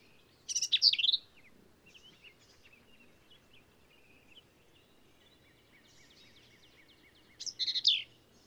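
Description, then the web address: Black-capped vireo song: a loud scratchy squeaky phrase, faint twittering for several seconds, then another harsh phrase near the end. "birdsongforthecurious Black-capped Vireo"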